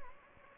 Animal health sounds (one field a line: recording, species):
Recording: mosquito wingbeat signal from an infrared sensor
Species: Anopheles gambiae